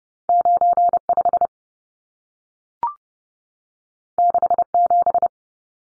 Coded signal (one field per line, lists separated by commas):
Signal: Morse code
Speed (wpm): 30 wpm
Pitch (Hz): 700 Hz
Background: none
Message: 95 67